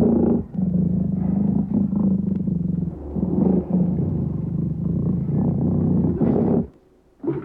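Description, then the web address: Lion making a long, deep, throaty growling rumble that holds steady for several seconds, breaks off briefly, then resumes. "Tierstimmen löwen"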